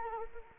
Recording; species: mosquito wingbeat signal from an infrared sensor; Anopheles arabiensis